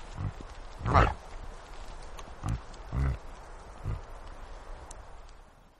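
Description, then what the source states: Reindeer grunting: several low, rough grunts at irregular intervals, the loudest near the start, against steady background noise. Adult reindeer grunting.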